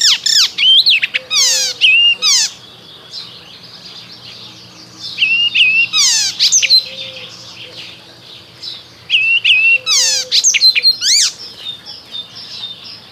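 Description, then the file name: Icterine warbler delivering three separate song phrases of quick scratchy notes and bright slurred whistles, each about two seconds long, with pauses between. "Zaganiacz"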